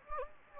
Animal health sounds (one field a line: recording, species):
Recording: mosquito wingbeat signal from an infrared sensor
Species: Anopheles gambiae